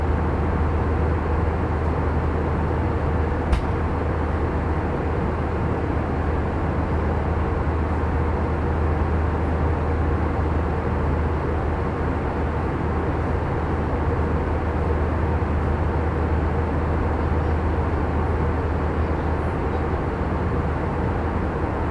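Inside a plane in flight, a steady, dense low engine roar holds unchanged throughout, with one faint click around three and a half seconds.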